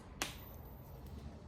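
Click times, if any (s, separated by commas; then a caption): 0.2 s. A snap closure on a faux-suede handbag is pressed closed, giving one sharp, bright snap at 0.2 s over a quiet low background. The closure snaps shut and is seated.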